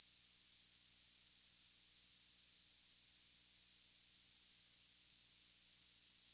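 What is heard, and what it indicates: A steady, very high-pitched whistling tone with a soft hiss around it holds unchanged for about six seconds. It is a simulated tinnitus sound, imitating the constant ringing a person with tinnitus hears.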